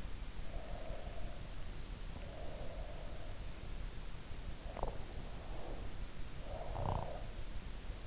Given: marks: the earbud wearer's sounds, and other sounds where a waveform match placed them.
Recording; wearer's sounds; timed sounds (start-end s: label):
sounds in sleep by an in-ear microphone; breath, swallowing, snoring breath
0.39-3.25 s: breath
4.59-4.96 s: swallowing
5.36-7.62 s: snoring breath